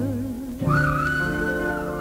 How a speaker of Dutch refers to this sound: Daar fluit een trein en als ik dat hoor, dan gaat mijn verbeelding er met me vandoor.